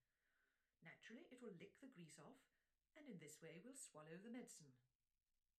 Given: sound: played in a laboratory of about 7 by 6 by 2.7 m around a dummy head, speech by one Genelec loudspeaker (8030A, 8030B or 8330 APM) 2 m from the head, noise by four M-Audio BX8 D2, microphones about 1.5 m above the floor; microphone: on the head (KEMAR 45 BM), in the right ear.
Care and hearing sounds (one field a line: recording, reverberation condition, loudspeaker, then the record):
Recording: female speech in English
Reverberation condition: low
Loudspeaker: 150 degrees to the right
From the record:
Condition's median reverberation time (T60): about 310 ms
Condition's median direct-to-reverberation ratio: about 3.5 dB